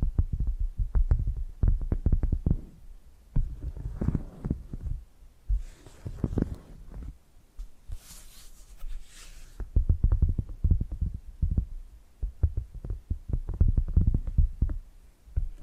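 Hypnotic tapping and scratching sounds, with dense, irregular taps that thump low and dull, arriving in quick clusters throughout. Softer scratchy rustling rises between them, most clearly around four seconds and again from about six to ten seconds, where a hissy scrape stands out.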